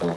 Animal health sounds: pig call; piglet (1 to 25 days)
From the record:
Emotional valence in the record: positive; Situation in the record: huddling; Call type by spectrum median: low-frequency call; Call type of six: low-frequency stable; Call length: 0.17 s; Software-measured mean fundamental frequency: 60 Hz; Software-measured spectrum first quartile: 244 Hz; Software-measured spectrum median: 433 Hz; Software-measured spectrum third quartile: 719 Hz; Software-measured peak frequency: 436 Hz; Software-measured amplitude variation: 95 dB a second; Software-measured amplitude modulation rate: 11.5 a second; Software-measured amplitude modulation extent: 8.2 dB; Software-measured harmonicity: 1.0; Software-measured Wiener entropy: -0.50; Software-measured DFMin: 1516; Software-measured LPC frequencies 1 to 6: 487, 3763, 5452, 7696, 8585, 9737 Hz

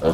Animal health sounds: pig call; piglet (1 to 25 days)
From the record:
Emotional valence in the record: positive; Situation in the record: reunion after long isolation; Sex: female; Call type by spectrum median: low-frequency call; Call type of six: low-frequency tonal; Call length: 0.13 s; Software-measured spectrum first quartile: 268 Hz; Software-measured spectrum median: 461 Hz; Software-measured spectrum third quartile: 611 Hz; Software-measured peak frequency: 494 Hz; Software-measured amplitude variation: 115 dB a second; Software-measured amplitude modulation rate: 3.8 a second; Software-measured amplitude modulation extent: 30.7 dB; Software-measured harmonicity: 1.8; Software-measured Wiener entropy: -0.88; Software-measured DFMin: 933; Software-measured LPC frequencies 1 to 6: 503, 1228, 2847, 3325, 4182, 6059 Hz

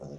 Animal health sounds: pig call; piglet (1 to 25 days)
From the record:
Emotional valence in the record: negative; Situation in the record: short isolation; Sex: female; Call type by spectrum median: low-frequency call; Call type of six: low-frequency stable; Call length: 0.19 s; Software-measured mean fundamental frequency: 49 Hz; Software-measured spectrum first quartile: 175 Hz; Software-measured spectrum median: 342 Hz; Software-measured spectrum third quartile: 583 Hz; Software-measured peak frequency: 511 Hz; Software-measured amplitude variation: 94 dB a second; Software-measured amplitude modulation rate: 13.2 a second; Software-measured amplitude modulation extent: 7.1 dB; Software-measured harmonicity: 0.1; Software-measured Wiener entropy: -0.07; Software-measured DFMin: 1048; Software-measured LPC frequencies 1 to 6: 542, 2665, 3611, 5396, 6149, 8554 Hz

